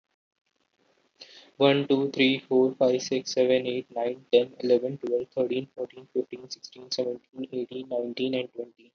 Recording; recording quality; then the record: counting at a fast pace; excellent, no background noise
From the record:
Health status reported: healthy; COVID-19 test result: negative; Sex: male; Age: 18 years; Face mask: worn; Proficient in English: yes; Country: India